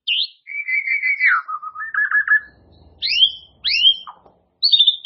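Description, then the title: White-rumped shama song: a warbled phrase falling to a lower chatter, then loud sharp slurred whistles and a final high note; a faint low hum in between. "murai batu"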